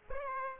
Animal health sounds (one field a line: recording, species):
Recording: mosquito wingbeat signal from an infrared sensor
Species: Aedes aegypti